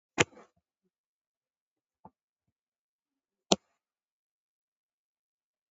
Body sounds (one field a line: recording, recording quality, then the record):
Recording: shallow breathing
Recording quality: poor, much background noise or distortion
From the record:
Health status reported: COVID-19 positive, mild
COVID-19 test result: positive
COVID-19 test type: RT-PCR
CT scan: taken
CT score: 5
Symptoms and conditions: fatigue, muscle pain, hypertension, diabetes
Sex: female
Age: 65 years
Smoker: no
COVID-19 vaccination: one dose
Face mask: not worn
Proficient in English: yes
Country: India